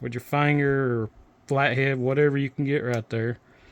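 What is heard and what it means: A black retaining piece on the lock cylinder of a 1981 VW Rabbit pickup (VW Mk1) ignition switch housing is about to be pressed down slightly with a finger or a flathead while the assembly is held. Only someone talking is heard, in three bursts with short pauses. The retainer has not clicked or seated yet.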